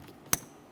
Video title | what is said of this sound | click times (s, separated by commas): How to Replace Rear Exterior Door Handles 2015-2019 Subaru Outback | Audible click, a light tug. | 0.3 s